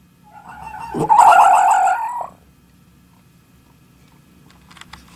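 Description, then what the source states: Fox giving a single wavering, whining vocal sound lasting just over a second, with a faint clatter near the end. Fox described as "talking".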